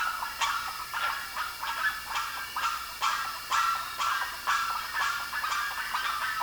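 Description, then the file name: Bird calling in sharp, harsh bursts with a rhythmic pattern of about two per second, each note bright with stacked harmonics, over a faint hiss. "SABIOD 50 bird 2015"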